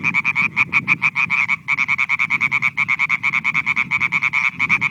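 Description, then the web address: European tree frogs in a dense, rapid chorus of harsh, rhythmic croaks over a constant low background rumble. Several tree frogs. "Viltansou Rainettes. la rainette verte"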